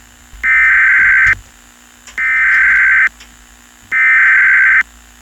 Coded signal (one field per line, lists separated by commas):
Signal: Emergency Alert System (SAME) tones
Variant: header bursts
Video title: Eas Scenario/ Analog Horror Cursed Moon